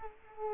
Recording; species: mosquito wingbeat signal from an infrared sensor; Culex quinquefasciatus